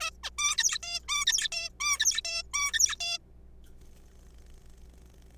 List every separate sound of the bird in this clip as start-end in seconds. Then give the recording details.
0.01-0.10, 0.23-0.30, 0.38-0.57, 0.58-0.78, 0.83-1.00, 1.08-1.25, 1.27-1.48, 1.52-1.69, 1.80-1.99, 1.99-2.21, 2.25-2.43, 2.54-2.72, 2.73-2.96, 3.00-3.18. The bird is a juvenile. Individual R3428